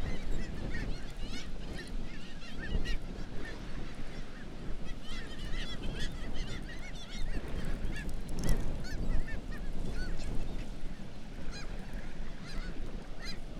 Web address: Black legged kittiwake. دانلود-صدای-پرنده-کاکایی-پاسیاه